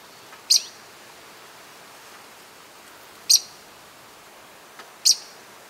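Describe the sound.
Bird calls: three loud, sharp, high chips at irregular intervals of about two to three seconds, over quiet background hiss.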